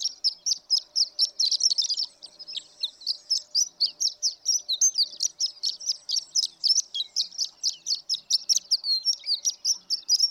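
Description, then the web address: Horned lark pouring out a continuous run of high, bright tinkling notes at a quick, steady pace, with a faint low hum beneath. "birdsongforthecurious Horned Lark"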